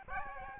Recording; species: mosquito wingbeat signal from an infrared sensor; Aedes albopictus